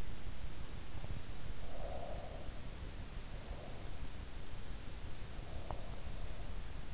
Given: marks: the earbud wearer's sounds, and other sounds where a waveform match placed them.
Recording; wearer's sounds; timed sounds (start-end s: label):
sounds in sleep by an in-ear microphone; breath
1.23-2.72 s: breath